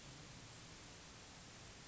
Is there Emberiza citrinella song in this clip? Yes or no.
no